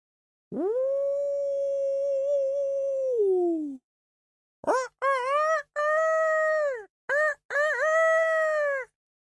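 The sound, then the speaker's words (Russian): A rooster crows loudly twice with no one talking: first one long, steady, harmonic-rich call that slides down at the end, then a choppy multi-part crow with rising and falling pitch. “Я проснулся от петушиного ора.”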